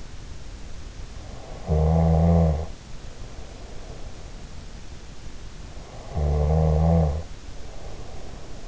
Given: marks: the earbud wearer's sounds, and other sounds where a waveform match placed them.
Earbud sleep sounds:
sounds in sleep by an in-ear microphone; snoring breath
1.33-4.47 s: snoring breath
5.70-8.67 s: snoring breath

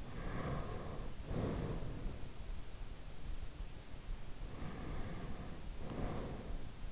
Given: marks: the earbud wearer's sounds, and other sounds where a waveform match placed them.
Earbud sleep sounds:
sounds in sleep by an in-ear microphone; breath
0.00-2.05 s: breath
4.42-6.75 s: breath

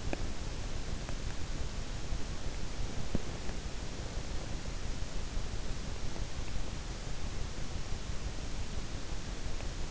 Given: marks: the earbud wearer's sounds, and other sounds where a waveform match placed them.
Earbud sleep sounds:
sounds in sleep by an in-ear microphone; teeth grinding
0.00-0.31 s: teeth grinding
2.94-3.40 s: teeth grinding

